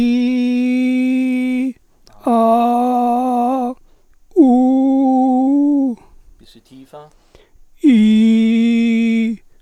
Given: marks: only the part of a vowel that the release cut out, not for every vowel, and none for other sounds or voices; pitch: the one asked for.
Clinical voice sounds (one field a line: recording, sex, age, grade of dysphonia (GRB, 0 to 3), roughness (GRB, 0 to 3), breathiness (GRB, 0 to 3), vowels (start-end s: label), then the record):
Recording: sustained vowels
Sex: male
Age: 40 to 49 years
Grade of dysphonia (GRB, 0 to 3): 2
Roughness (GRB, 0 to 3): 0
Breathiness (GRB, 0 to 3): 2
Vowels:
0.00-1.55 s: vowel /i/, normal pitch
2.36-3.57 s: vowel /a/, normal pitch
4.51-5.31 s: vowel /u/, normal pitch
7.95-9.20 s: vowel /i/, low pitch
From the record:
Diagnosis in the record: psychogenic dysphonia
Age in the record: 49 years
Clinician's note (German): Depression